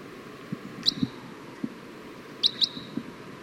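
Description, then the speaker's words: Red Crossbill calls, a few short, sharp high notes, one single then a quick pair, over low background noise and soft clicks. Type 1; individual 5-7, apparently female, calling in response to a flock of siskins; gave many calls, type 1 toops and type 1 song phrases including a long buzzy phrase. "5-7's giving a lot of calls, and she also gave some type 1 toops and type 1 song phrases, the buzzy, long buzzy phrase."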